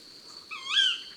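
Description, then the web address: Tawny owl's lone shrill kewick, sweeping up and then down, heard against faint background hiss and a constant high-pitched tone. "la chouette hulotte. album cuicui-et-compagnie"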